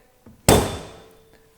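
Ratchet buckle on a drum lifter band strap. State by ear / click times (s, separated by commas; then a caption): released / 0.5 s. The ratchet lever on the drum band strap of a DTP08-R1260-DR drum lifter dispenser is pulled all the way round past centre after a faint knock at 0.3 s. It gives one loud metallic click at 0.5 s that rings out for most of a second, releasing the strap tension. A soft tick follows at 1.4 s.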